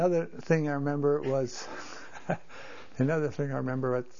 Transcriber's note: laughs